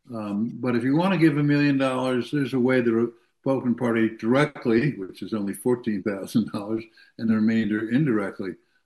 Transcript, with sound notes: but if you want to give a million dollars, there's a way, the rep- Republican Party directly, which is only $14,000-
(laughs)
... and the remainder indirectly.